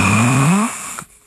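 Adult man imitating a snore on exhalation, the way real snoring is produced, as opposed to the fake-sounding snore made while breathing in.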